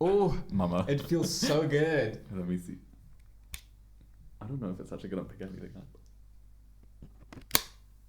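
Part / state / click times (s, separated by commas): detachable controller onto the side of a handheld game console / seated / 7.5 s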